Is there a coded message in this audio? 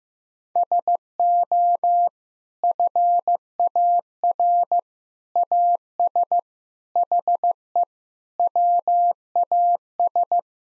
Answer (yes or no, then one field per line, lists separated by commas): yes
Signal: Morse code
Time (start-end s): 0.6-10.4 s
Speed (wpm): 14 wpm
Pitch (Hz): 700 Hz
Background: none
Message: SO FAR AS HE WAS